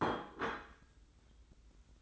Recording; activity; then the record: daily activity, microphone in the room; place plate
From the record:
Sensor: 3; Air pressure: 990.8 hPa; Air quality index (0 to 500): 146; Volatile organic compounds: 382 ppm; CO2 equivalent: 4640 ppm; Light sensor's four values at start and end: 40/95/38/36 and 40/95/38/36